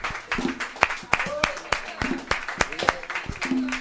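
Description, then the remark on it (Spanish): Scattered applause from a small group for the musicians at Agazapados, a musical improvisation series: sharp, irregular claps that crackle steadily for a few seconds, with brief voices or cheers rising now and then over the clapping. “Así que bueno, gracias a todos ellos, un aplauso para todos ellos.”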